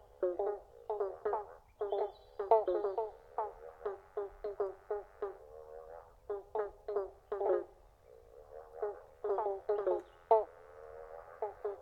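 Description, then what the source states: Pobblebonk frogs in a dense chorus, resonant plucked calls repeating almost continuously and overlapping, with a faint steady drone in places. Several pobblebonk frogs calling together in a chorus.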